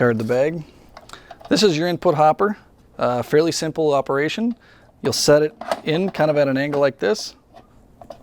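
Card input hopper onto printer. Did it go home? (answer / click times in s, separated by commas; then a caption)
yes / 8.1 s. A plastic card input hopper for an HID FARGO HDP6600 retransfer printer is set in at an angle and tilted down onto the printer while someone talks. Near the end, after the talking stops, two short sharp clicks are heard, and the hopper clicks into place at 8.1 s, properly seated.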